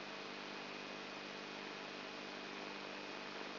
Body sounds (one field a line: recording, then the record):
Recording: brain microelectrode recording played as sound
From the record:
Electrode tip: inside the subthalamic nucleus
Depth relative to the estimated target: -2 mm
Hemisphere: left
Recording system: AlphaMap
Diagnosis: Parkinson's disease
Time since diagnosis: 12 years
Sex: female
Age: 59 years